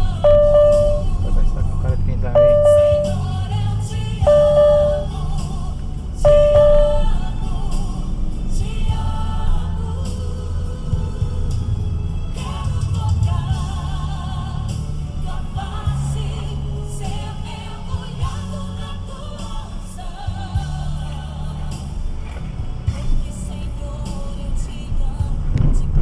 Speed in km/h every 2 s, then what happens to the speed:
20, 20, 22, 23, 23, 23, 20, 16, 12, 8, 14, 21, 24.
0-10 steady at about 22. 10-19 slows to 8. 19-26 speeds up to 24.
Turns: none.